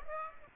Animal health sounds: mosquito wingbeat signal from an infrared sensor; Aedes aegypti

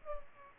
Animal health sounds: mosquito wingbeat signal from an infrared sensor; Culex pipiens

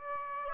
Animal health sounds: mosquito wingbeat signal from an infrared sensor; Aedes aegypti

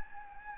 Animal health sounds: mosquito wingbeat signal from an infrared sensor; Anopheles gambiae

